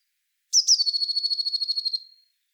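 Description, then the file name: Eurasian blue tit giving a high, buzzy scolding call: a sharp opening note, then a rapid pulsed churr lasting about one and a half seconds that fades out. "Cyanistes caeruleus"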